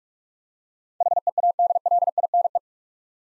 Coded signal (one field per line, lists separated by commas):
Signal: Morse code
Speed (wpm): 46 wpm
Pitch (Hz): 700 Hz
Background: none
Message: HEADLINE